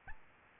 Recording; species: mosquito wingbeat signal from an infrared sensor; Aedes albopictus